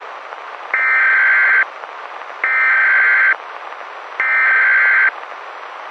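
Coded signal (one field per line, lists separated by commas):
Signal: Emergency Alert System (SAME) tones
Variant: header bursts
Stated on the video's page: Fictional EAS scenario alert about an SCP containment breach.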